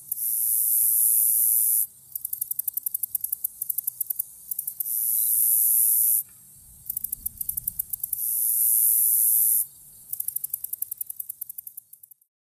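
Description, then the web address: Common meadow katydid song: very high, hissing buzzes alternate with runs of rapid dry ticks, the pattern repeating steadily. North America. "Songs of Insects. Common Meadow Katydid"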